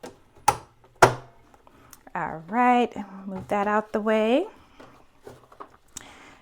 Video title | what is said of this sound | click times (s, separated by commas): Doggy Bandana | and go ahead and hoop that into place, or get it locked into place. | 0.5 s, 1.0 s